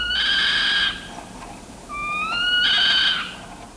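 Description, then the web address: Northern saw-whet owl giving high, nasal, mewing calls: a held note, then a rising whistled slide leading into a second drawn-out meow. Decidedly uncanny, high-pitched meow given when agitated or threatened. "Birdnote. Northern Saw whet Owl A Bird With a Lot To Say"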